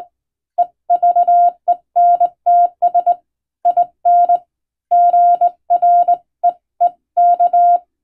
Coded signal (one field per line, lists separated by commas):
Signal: Morse code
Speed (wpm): 22 wpm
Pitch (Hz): 700 Hz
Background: none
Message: EVENTS IN GREEK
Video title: 【無線通信士が手打ちで打つ懐かしいモールス符号】昭和はラジオでよく聞こえました。船と陸とを繋ぐ唯一の通信手段でした。アマチュア無線の受信トレーニングにどうぞ morse code practice